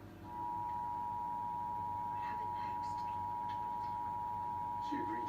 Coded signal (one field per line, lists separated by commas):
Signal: Emergency Alert System (SAME) tones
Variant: 853 and 960 Hz attention tone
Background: speech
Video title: Backlogged EAS tests(EAS 47-53)